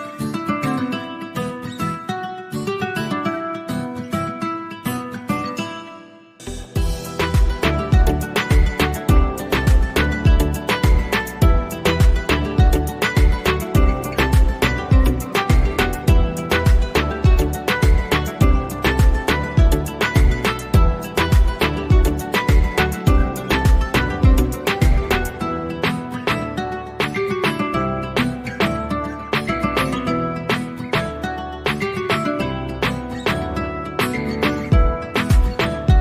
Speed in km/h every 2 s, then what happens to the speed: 93, 92, 91, 90, 89, 89, 88, 87, 84, 80, 76, 74, 73, 71, 71, 69, 69, 69.
0-13 steady at about 90. 13-23 slows to 73. 23-36 steady at about 69.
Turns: none.